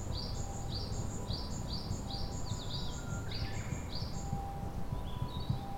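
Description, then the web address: Japanese tit singing a bright two-note phrase, high then lower, repeated several times before a few different chirps, with a faint steady hum and low background rumble. Recorded at Kotori no Mori on 2 May 2015. "kotorinomori kotori shijukara"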